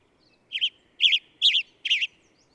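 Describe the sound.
Bird chirping four notes in a row, the first doubled, about half a second apart.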